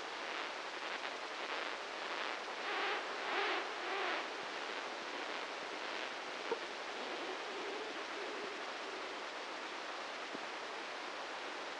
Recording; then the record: brain microelectrode recording played as sound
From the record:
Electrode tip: inside the subthalamic nucleus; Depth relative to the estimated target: -1 mm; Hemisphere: left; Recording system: NeuroSet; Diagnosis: Parkinson's disease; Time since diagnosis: 15 years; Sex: male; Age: 65 years